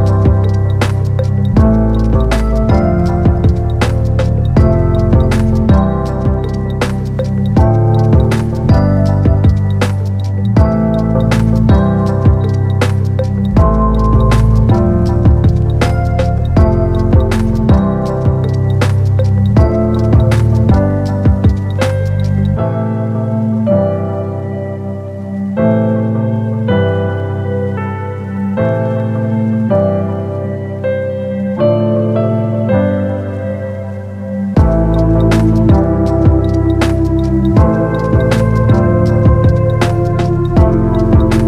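Mellow lo-fi hip-hop with a steady beat and warm bass; the drums and bass drop out midway, then return near the end.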